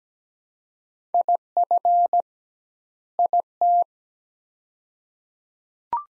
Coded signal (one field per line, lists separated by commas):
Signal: Morse code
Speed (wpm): 17 wpm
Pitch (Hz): 700 Hz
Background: none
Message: IF IT